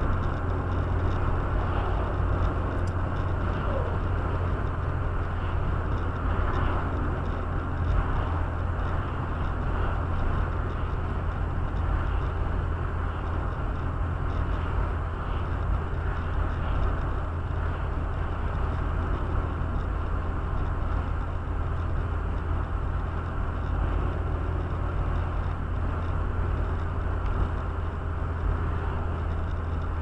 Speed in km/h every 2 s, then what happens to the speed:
83, 83, 83, 81, 80, 79, 78, 78, 78, 78, 79, 79, 79, 79, 79.
0-30 steady at about 79.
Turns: none.